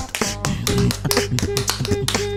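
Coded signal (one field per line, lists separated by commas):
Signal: none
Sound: music beat sound effects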